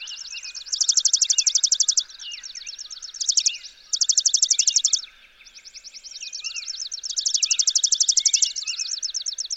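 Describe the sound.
Chipping sparrow, rapid dry chipping trills in bursts of about one to two seconds, with softer trills of other singers and slurred calls overlapping throughout.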